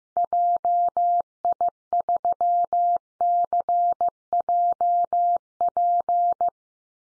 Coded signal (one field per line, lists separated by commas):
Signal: Morse code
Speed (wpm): 15 wpm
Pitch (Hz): 700 Hz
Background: none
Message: JI3CJP